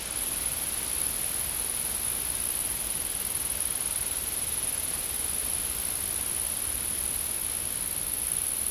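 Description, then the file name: Insects make a dense, sustained high-pitched trilling drone without pause, with steady hiss underneath. Insects recorded in a field. "Insects In The Field"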